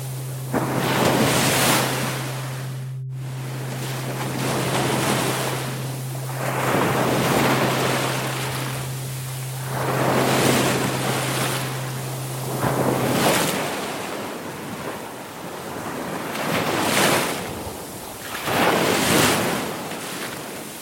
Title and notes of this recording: calming waves. Waves and binaural sounds